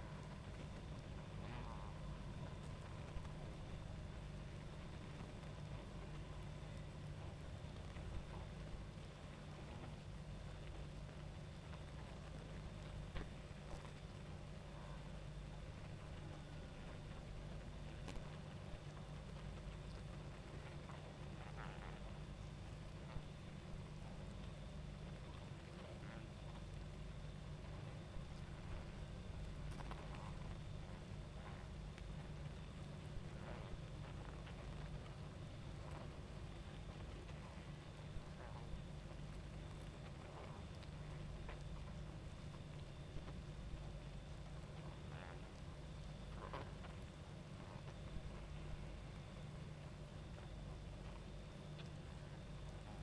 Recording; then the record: honeybee colony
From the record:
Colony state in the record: active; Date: 28 July 2017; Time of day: 22:05